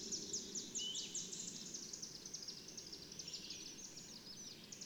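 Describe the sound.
Bird song as a fast, busy chatter of thin high notes, tumbling continuously with a few downward slurs, over a low background hum.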